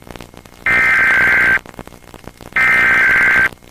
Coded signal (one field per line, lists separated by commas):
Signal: Emergency Alert System (SAME) tones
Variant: header bursts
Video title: PTV Park Program Break (1998 NJN) #2 with EAS Required Weekly Test